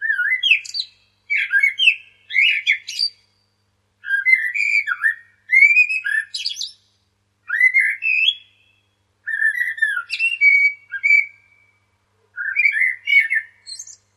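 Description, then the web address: Common blackbird singing: several mellow, fluted warbling phrases mixed with higher squeaky notes, separated by short silent pauses, with no other sounds. Recorded at a nest box on 27 March 2005 at 18:45. "nistkasten amsel 20050327 1845"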